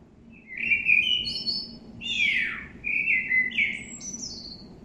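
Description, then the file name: Common blackbird sings a run of rich, fluty, slurred notes, a sharp descending sweep, then thin high squeaky twitters at the end, over a soft low hum. "Turdus merula"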